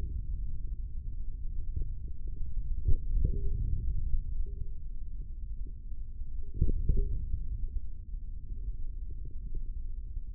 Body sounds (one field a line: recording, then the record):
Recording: forearm muscle sounds (acoustic myography)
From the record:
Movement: hand closing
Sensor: system 3, bracelet of six PUI Audio POM-2738L microphones around the upper forearm, with dedicated amplification and filtering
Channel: 5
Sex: male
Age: 25 years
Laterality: right